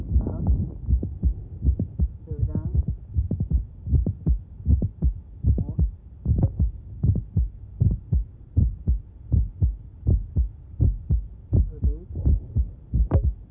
The patient with mid-systolic click or mitral valve prolapse to perform a Valsalva maneuver. What the Valsalva will do during the strain phase is reduce venous return to the heart. As left ventricular cavity volume declines, the ratio between the mitral apparatus and cavity volume will be exploited to produce prolapse earlier and earlier. Her mid-systolic click will move so close to S1 as to make it indistinguishable. She has multiple clicks.